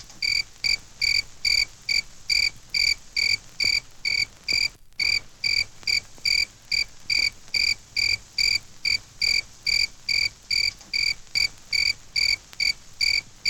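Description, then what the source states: Cricket chirping, a steady series of short high pulsed chirps repeated a little faster than twice per second, with one brief gap near five seconds. A single cricket chirping.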